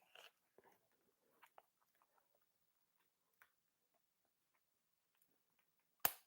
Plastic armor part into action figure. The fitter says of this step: oh gosh that's good snap good snap